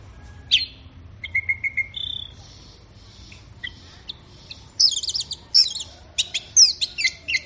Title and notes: Anis Merah Gacor Teler. Kumpulan Suara Burung Anis